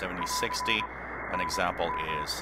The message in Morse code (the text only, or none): <AR> NM